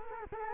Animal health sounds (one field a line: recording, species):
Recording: mosquito wingbeat signal from an infrared sensor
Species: Culex quinquefasciatus